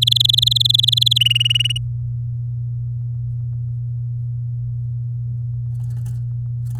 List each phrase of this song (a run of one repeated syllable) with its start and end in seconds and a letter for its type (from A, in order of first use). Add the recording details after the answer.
0.01-1.18 A, 1.20-1.78 B. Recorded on 9 May 2018 at 13:17. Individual llb16